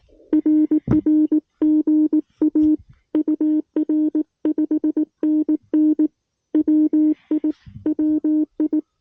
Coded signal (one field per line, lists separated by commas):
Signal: Morse code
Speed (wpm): 18 wpm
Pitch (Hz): 310 Hz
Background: music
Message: RR GA UR 5NN WI WI